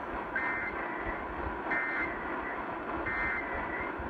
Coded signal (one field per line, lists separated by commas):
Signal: Emergency Alert System (SAME) tones